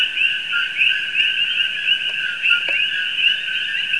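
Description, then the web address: Common coquí chorus: dense overlapping two-part chirps form a steady high ringing band, pulsing slightly, with a couple of brief clicks partway through. "Audio Coqui"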